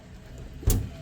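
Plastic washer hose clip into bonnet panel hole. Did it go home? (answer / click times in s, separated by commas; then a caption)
yes / 0.7 s. An oval plastic clip holding a washer hose is lined up with a hole in the underside of a car bonnet and pushed in. A low background hum rises slightly until a sharp click at 0.7 s, about 23 dB above it. The clip seats and locks into the bonnet panel.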